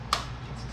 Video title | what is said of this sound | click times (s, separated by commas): DIY 1996 2000 6th Gen EK Civic EM1 Hood Release Cable Replacement | So, it's snapped in. It's locked into place. | 0.1 s